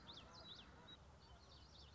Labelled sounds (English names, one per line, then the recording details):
Common Yellowthroat
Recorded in Sonoma County, California